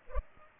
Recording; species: mosquito wingbeat signal from an infrared sensor; Culex pipiens